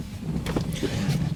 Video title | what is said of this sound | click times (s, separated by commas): Bronco Rear Footwell Lighting Hack | okay so that literally just took me two seconds it just pops right in there | 0.5 s